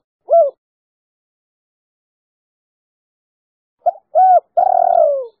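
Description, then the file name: Spotted dove calls: a single short hoot, a long silence, then two quick hoots leading into a longer falling note. "tieng-cu-gay-3-hau"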